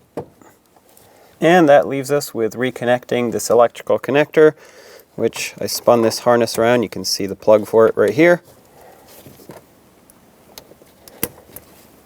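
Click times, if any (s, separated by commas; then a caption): 11.2 s. Someone talks while reconnecting the plastic electrical connector on the shift lever wiring harness of a 1999–2007 Ford F-350, pushing it into its mating plug on the steering column. After the talking stops, a few faint handling ticks are followed by a sharp click at 11.2 seconds as the connector seats and locks in.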